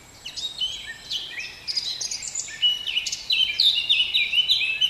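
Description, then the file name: Eurasian blackcap warbling song, scratchy and varied at first, then brightening into louder, clearer whistled notes toward the end, over quiet background noise. "Sylvia atricapilla"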